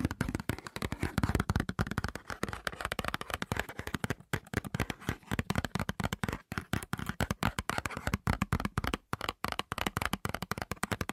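Fast tapping runs almost nonstop, a rapid stream of sharp clicks and knocks coming many times per second. The pace stays dense and fairly even, with brief gaps near four, six and a half, and nine seconds. Each tap sounds crisp and bright, with some low thump beneath.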